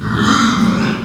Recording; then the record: squeal of a Yucatan mini pig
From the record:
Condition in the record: after surgery on the right vocal fold (resection and tissue-engineered implant); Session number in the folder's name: 12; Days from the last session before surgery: 105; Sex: female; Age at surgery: 19 weeks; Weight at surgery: 25 kg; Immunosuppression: prednisolone